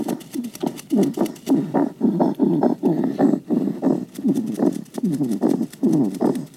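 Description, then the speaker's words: Hedgehog making noisy huffing and snuffling sounds in a rough puffing rhythm throughout. Surprisingly noisy; active at night, eats slugs and nests in leaves left in the garden. "Je verwacht het misschien niet, maar dit luidruchtige beestje is een egel."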